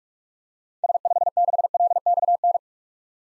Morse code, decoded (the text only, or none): S56LXN